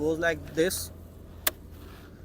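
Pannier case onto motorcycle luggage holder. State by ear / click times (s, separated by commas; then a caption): seated / 1.5 s. A pannier luggage case is pushed onto its rear mounting holder on a BMW R1300GS motorcycle. Someone talks at the start, then the lock engages with a sharp click at 1.5 s. The pannier locks onto the holder and is seated.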